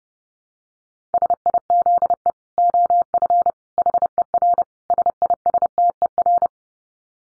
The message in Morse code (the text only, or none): SIZE OF HER SISTER